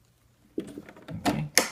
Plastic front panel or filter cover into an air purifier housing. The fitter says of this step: just snaps into place and also